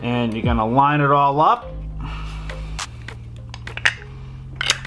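A replacement grip is lined up on the two nubs at the bottom of an S&W revolver frame and pressed on while someone talks over music. A few sharp handling taps are heard around 3.9 s and 4.6 s, but the grip has not yet clicked into place.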